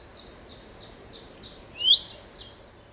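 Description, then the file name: Common chaffinch calling: a quick run of faint high notes, then one louder, sharp rising chirp followed by softer notes, over low hiss. "Fringilla coelebs"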